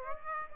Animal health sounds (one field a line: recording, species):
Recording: mosquito wingbeat signal from an infrared sensor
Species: Aedes aegypti